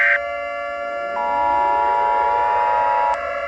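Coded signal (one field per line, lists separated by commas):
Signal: Emergency Alert System (SAME) tones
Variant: 853 and 960 Hz attention tone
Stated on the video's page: Fictional EAS scenario, simulated alert.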